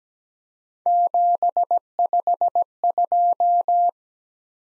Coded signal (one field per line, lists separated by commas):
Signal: Morse code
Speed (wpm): 17 wpm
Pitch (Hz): 700 Hz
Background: none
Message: 752